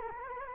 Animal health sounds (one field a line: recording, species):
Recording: mosquito wingbeat signal from an infrared sensor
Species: Culex quinquefasciatus